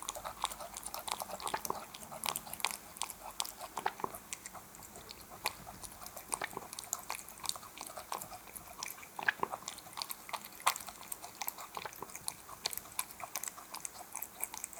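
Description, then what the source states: Cat eating, with rapid wet chewing and smacking clicks in irregular bursts throughout, steady and soft. Cat eating wet food.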